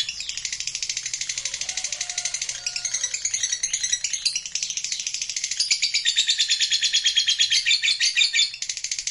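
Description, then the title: Lovebird song as a continuous fast, high chattering trill with scratchy, buzzy notes, running steadily for the whole stretch. Lovebird song used to stimulate a lazy lovebird into singing spontaneously and at length. "LOVEBIRD Malas Bunyi JADI GREGET SPONTAN Langsung NARIK"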